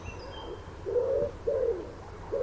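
Common wood pigeon cooing, a few low, hoarse coos in a short broken phrase, with a quiet background hum.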